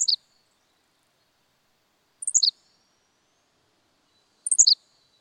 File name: Henslow's Sparrow